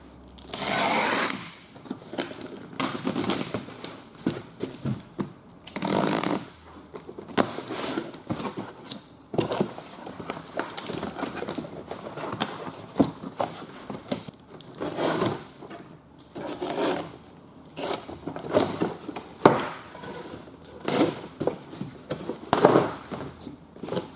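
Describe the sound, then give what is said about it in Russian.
A 26 cm parcel from an online store being unpacked, with bursts of crinkly paper rustling and occasional sharp tearing, irregular and fairly loud, continuing steadily for over twenty seconds with no voices. “Ну что, теперь давайте откроем и посмотрим, что внутри.”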